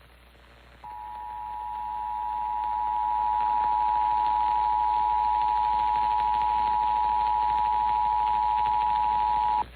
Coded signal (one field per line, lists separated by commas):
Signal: Emergency Alert System (SAME) tones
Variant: 853 and 960 Hz attention tone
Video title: MORE TESTING PART 2... EAS Tests from September 2023 (EAS #3,103 - 3,149)